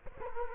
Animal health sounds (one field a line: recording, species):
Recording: mosquito wingbeat signal from an infrared sensor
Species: Culex quinquefasciatus